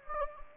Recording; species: mosquito wingbeat signal from an infrared sensor; Anopheles gambiae